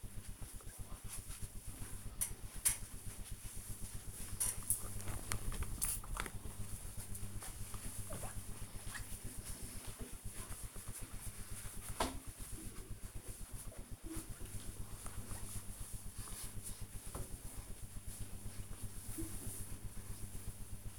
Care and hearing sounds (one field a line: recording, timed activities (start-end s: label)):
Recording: household activities, microphone on the right wrist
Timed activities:
0.00-20.99 s: window cleaning